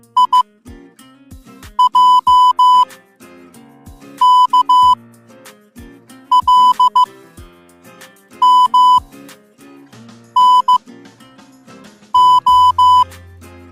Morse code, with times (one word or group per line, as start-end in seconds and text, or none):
0.2-0.4 I
1.8-2.8 J
4.2-4.9 K
6.3-7.0 L
8.4-9.0 M
10.4-10.8 N
12.1-13.0 O